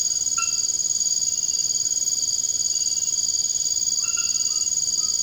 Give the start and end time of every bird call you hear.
4.47s-5.22s: bird call

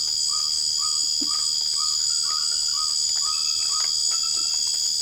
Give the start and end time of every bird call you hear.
0.31s-3.94s: bird call

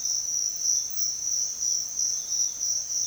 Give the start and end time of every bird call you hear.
1.40s-3.06s: bird call

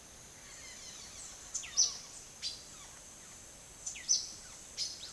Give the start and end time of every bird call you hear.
0.23s-3.05s: bird call
3.71s-5.12s: bird call

